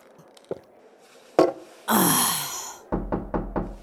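knocking on a door

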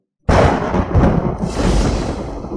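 continuous thunder-like rumbling

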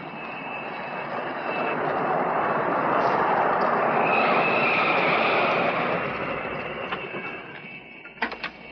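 airplane engine in flight

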